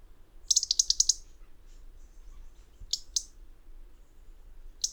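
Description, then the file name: European robin calls as a quick run of five or six sharp high ticks, then a few scattered single ticks, with a low steady hum beneath. "Erithacus rubecula"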